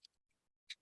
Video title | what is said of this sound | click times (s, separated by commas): Portable Solar Power - WaveTalkers LIVE (Episode 35) | and they just snap into place and that makes a good positive connection on those so | 0.7 s